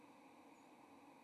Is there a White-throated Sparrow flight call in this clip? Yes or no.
yes